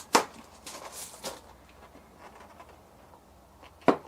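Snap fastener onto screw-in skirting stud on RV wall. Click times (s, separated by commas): 0.1 s, 3.9 s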